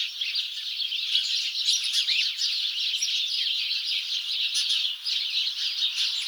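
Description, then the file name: House sparrows calling as a group, dense overlapping chirps forming a constant lively chatter. "Passer domesticus"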